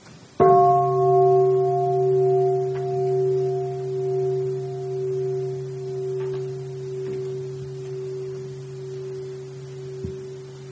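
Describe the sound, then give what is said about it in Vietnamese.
A Buddhist meditation bell is struck once, sending out a deep, humming tone that rings on for about ten seconds, slowly wavering and fading. A few faint ticks sound beneath it. “Muốn thỉnh chuông thì thỉnh đi.”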